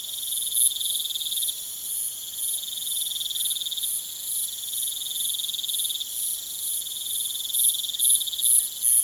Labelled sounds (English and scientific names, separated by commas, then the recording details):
none
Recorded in pastures near Puerto Asís, Putumayo, Colombia, on 22 June 2025 at 20:30
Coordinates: 0.486, -76.323
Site H29